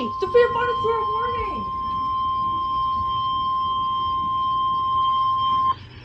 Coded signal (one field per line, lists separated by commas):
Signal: Emergency Alert System (SAME) tones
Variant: 1050 Hz attention tone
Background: speech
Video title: Special Marine Warning On KEC63 [ EAS #1 ]